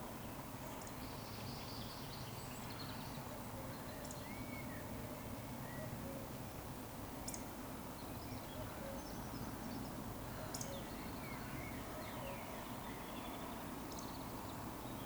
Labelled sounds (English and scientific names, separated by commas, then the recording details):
Eurasian Woodcock (Scolopax rusticola)
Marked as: woodcock, woodcock, woodcock, woodcock, woodcock
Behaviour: display flight
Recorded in Baden-Württemberg, Germany, on 16 June 2020 at 19:35 UTC
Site 14569, 102 m above sea level